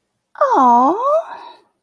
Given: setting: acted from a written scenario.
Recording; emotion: vocal sound without words; sympathy